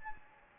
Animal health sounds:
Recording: mosquito wingbeat signal from an infrared sensor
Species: Anopheles gambiae

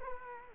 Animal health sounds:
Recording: mosquito wingbeat signal from an infrared sensor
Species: Culex quinquefasciatus

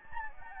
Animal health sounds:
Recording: mosquito wingbeat signal from an infrared sensor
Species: Anopheles gambiae

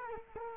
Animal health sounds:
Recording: mosquito wingbeat signal from an infrared sensor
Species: Culex quinquefasciatus

